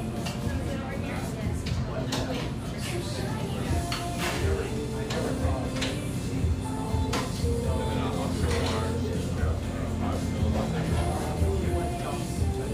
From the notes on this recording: Tucked near the lush, wooded Laurelhurst Park in east Portland, this café sports vibrant music and an erudite, professional clientele.